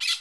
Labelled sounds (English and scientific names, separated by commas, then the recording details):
Brown-throated Parakeet (Eupsittula pertinax) contact call
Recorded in Curacao
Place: Hoffi Jan Thiel
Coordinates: 12.094, -68.877